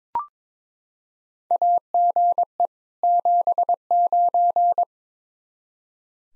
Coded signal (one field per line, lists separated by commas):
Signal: Morse code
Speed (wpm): 22 wpm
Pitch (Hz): 700 Hz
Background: none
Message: AGE 79